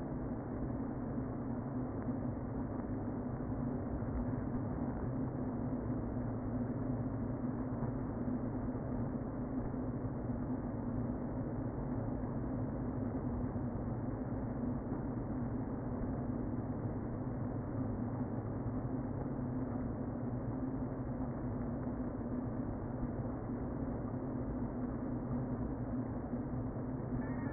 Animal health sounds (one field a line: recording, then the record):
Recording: honeybee colony, microphone inside the hive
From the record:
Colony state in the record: queen present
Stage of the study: before two queens were removed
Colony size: about 60,000 bees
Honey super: yes